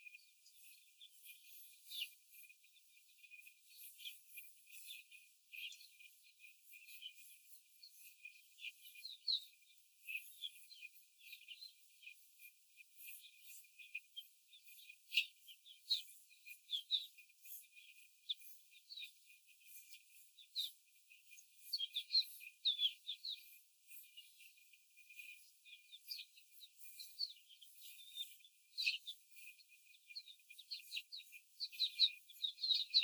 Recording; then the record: young laying hens in a cage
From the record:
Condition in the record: before the stressor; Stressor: simulated dog barking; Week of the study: 4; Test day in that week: 1